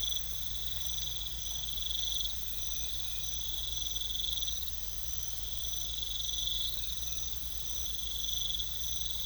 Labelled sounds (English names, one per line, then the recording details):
none
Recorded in pastures near Puerto Asís, Putumayo, Colombia, on 21 December 2024 at 00:00
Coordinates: 0.486, -76.323
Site GP01